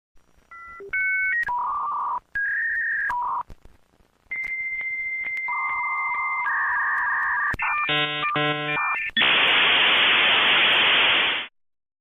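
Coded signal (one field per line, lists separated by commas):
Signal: dial-up modem handshake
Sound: dialing tone pairs, a long answer tone, warbling chords, then loud steady hiss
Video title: Dial Up Internet Top Sound Effect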